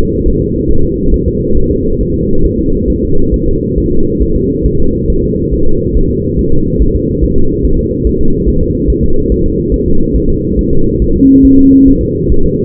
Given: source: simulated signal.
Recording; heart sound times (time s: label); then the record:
fetal heart sounds
0.28 s: S1
0.42 s: S2
0.71 s: S1
0.85 s: S2
1.14 s: S1
1.28 s: S2
1.57 s: S1
1.71 s: S2
2.01 s: S1
2.15 s: S2
2.45 s: S1
2.59 s: S2
2.90 s: S1
3.04 s: S2
3.34 s: S1
3.48 s: S2
3.78 s: S1
3.92 s: S2
4.22 s: S1
4.36 s: S2
4.66 s: S1
4.80 s: S2
5.10 s: S1
5.24 s: S2
5.54 s: S1
5.67 s: S2
5.97 s: S1
6.11 s: S2
6.39 s: S1
6.53 s: S2
6.82 s: S1
6.96 s: S2
7.24 s: S1
7.38 s: S2
7.65 s: S1
7.79 s: S2
8.07 s: S1
8.21 s: S2
8.49 s: S1
8.62 s: S2
8.90 s: S1
9.04 s: S2
9.32 s: S1
9.46 s: S2
9.74 s: S1
9.88 s: S2
10.16 s: S1
10.30 s: S2
10.59 s: S1
10.73 s: S2
11.02 s: S1
11.16 s: S2
11.45 s: S1
11.59 s: S2
11.88 s: S1
12.02 s: S2
12.32 s: S1
12.46 s: S2
From the record:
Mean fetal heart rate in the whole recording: 140 bpm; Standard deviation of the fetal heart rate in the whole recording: 2 bpm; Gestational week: 34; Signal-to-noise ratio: -19.1 dB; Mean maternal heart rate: 72 bpm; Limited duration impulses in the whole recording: present